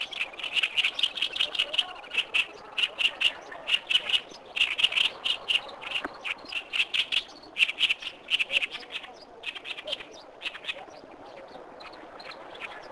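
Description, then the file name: Oriental reed warbler chattering with grating, buzzy notes in irregular bursts, some rapid runs and brief pauses between phrases, over steady low background noise throughout. "acrocephalus orientalis"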